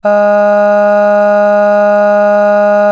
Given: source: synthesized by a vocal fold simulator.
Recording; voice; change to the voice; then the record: sustained vowel; female; aspiration noise (breathiness), level 4 of 10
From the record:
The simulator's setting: 0.61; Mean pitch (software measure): 206 Hz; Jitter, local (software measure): 0.28%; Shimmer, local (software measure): 2.5%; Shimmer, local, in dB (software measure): 0.22 dB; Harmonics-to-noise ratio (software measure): 26.8 dB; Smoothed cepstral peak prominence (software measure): 17.1 dB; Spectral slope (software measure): -21.9 dB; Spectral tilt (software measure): -8.0 dB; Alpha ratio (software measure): -12.4 dB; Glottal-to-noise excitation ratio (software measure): 0.950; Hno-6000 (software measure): 2.2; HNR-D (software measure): 39.8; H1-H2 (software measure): 9.5 dB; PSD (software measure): 1.9e-05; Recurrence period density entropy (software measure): 0.125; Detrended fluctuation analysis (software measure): 0.0274